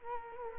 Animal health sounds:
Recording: mosquito wingbeat signal from an infrared sensor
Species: Culex quinquefasciatus

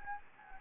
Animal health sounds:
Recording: mosquito wingbeat signal from an infrared sensor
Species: Anopheles gambiae

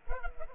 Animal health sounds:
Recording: mosquito wingbeat signal from an infrared sensor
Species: Culex pipiens

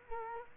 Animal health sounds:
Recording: mosquito wingbeat signal from an infrared sensor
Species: Culex quinquefasciatus

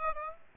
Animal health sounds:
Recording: mosquito wingbeat signal from an infrared sensor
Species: Aedes aegypti

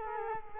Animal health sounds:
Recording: mosquito wingbeat signal from an infrared sensor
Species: Culex quinquefasciatus

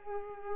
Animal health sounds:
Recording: mosquito wingbeat signal from an infrared sensor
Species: Culex pipiens

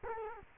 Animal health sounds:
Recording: mosquito wingbeat signal from an infrared sensor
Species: Culex quinquefasciatus

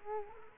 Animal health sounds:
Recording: mosquito wingbeat signal from an infrared sensor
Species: Culex quinquefasciatus

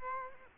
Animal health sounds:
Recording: mosquito wingbeat signal from an infrared sensor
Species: Culex quinquefasciatus

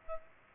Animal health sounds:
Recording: mosquito wingbeat signal from an infrared sensor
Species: Aedes aegypti

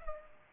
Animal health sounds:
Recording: mosquito wingbeat signal from an infrared sensor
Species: Culex pipiens

